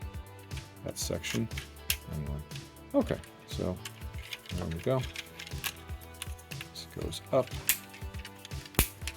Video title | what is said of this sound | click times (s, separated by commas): This Shattered Glass Knockoff of SS86 Optimus Might Surprise You… | Click that in. That's a nice clicketity click. | 8.8 s